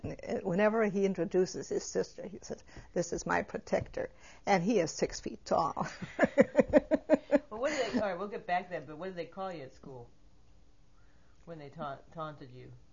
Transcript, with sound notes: Whenever he introduces his sister, he says, "This is my protector." And he is six feet tall. ( she laughs )
Well, what do they, all right, we'll get back to that. But what did they call you at school when they taunted you?